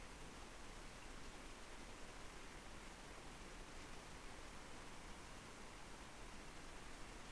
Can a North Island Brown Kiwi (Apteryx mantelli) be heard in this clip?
no